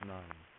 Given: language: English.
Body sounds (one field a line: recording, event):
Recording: throat vibration sensor signal played as sound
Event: speech